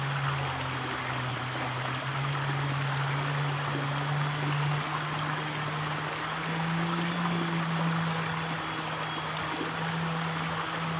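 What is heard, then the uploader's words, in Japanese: A spring brook runs steadily, its dense rushing wash even and unbroken for the whole stretch. Underneath, a low droning hum like a distant engine holds throughout, creeping slightly higher in pitch toward the end. 春の小川。今回は特に奇を衒わず、ひたすら川の音です。増水するたびに少しづつ流れが変わってるんですが、川の水自体は通年ほぼ一定ですね。Mic: huawei nova lite 2。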